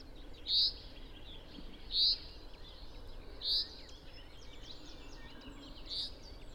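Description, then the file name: Common chaffinch calling, a short sharp high note repeated four times, about every one and a half seconds at first, over faint background noise. "Fringilla coelebs"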